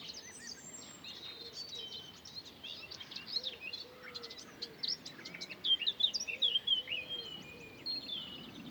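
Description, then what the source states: Birds singing softly in a mixed chorus of thin chirps and short trills over steady background hiss, a few low sliding notes between. Singing in the morning.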